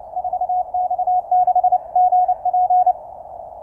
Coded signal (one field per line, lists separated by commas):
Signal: Morse code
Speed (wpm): 30 wpm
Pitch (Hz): 730 Hz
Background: none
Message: 4X6GP